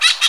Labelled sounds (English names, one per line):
Brown-throated Parakeet contact call